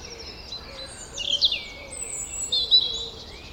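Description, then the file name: European robin song: two short, thin, high warbled phrases with quick pitch jumps, separated by about a second of quiet, over faint background hiss. "Erithacus rubecula"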